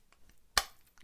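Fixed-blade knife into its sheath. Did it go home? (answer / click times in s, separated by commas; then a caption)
yes / 0.6 s. A Kubey KB282 7.62 TAG fixed-blade neck knife of Hydra design is pushed right way up into its sheath. After a few faint ticks, a single sharp, loud snap at 0.6 s marks it clicking into place, followed by quieter small sounds. The knife is seated in the sheath.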